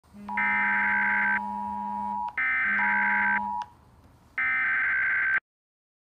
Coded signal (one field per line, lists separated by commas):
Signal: Emergency Alert System (SAME) tones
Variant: header bursts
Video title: Hawaii EAS Alarm (2018, TV)